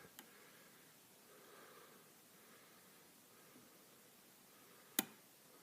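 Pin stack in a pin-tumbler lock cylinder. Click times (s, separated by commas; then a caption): 5.0 s. While picking a 5-pin challenge lock, pin 5 of the pin stack in a pin-tumbler lock cylinder is lifted with tension applied until it sets at the shear line. After a faint tick at 0.2 s and a quiet, steady background, a sharp, short click sounds at 5.0 s as the pin seats.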